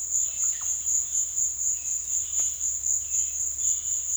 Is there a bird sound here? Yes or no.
yes